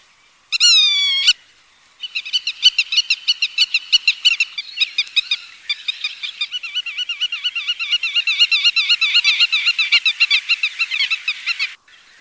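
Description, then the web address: Black-tailed godwit song: one long nasal call, a short pause, then a long, fast, rhythmic run of repeated yelping notes lasting about ten seconds. "FILTERED PITTIMA"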